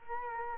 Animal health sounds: mosquito wingbeat signal from an infrared sensor; Culex quinquefasciatus

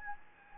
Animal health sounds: mosquito wingbeat signal from an infrared sensor; Anopheles gambiae

